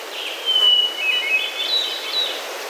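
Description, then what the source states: Hermit Thrush song: one long clear held note, then a quick fluty series of notes climbing higher, over soft background hiss. Singing in the shade of mature conifers high in the Sierra Nevada of Central California, recorded while hiking.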